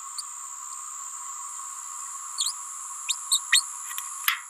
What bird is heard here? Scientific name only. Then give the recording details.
Forpus passerinus. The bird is a female. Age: 28 days. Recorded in a nest box in Venezuela. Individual 17B31A3